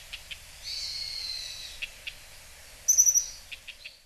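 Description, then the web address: Japanese accentor giving thin, high-pitched calls: a drawn-out buzzy note early on, then a bright rapid chattering burst near the end, with scattered soft ticks. Recorded in Hyogo; dated 08-11. "koe kayakuguri 0811 hyogo kaji"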